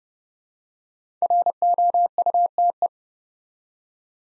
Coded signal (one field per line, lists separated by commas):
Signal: Morse code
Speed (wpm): 30 wpm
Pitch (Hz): 700 Hz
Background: none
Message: ROUTE